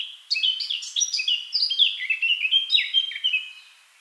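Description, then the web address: Eurasian blackcap delivering a fast, continuous phrase of bright whistled and warbled notes, then fading out. "SETE Sylvia atricapilla"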